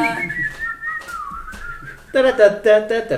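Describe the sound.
A person whistles a bouncy, wavering tune with sliding pitches, then breaks into louder, voiced, sing-song tones with a buzzy harmonic quality, imitating how Mickey Mouse whistles in the films while riding on a little boat.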